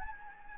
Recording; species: mosquito wingbeat signal from an infrared sensor; Anopheles gambiae